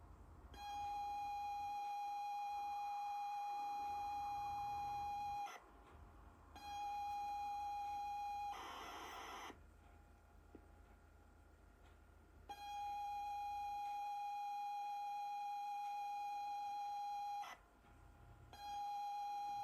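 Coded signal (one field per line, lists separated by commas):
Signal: ZX Spectrum tape loading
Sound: steady buzzy lead tone, a short harsh data burst, a pause, then the lead tone again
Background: room hum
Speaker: To escape, we can press break twice, but we're going to watch this load right now.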